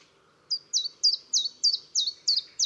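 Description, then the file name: Common chiffchaff singing a brisk run of high, slurred descending notes, evenly spaced, after a brief quiet start. "gransangare"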